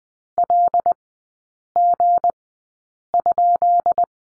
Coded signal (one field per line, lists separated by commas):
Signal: Morse code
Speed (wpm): 20 wpm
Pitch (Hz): 700 Hz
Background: none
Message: LG?